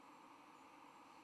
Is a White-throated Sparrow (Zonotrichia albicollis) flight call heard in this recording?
yes